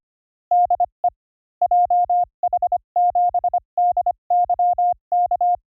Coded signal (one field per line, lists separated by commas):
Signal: Morse code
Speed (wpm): 25 wpm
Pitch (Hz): 710 Hz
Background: none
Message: DE JH7DYK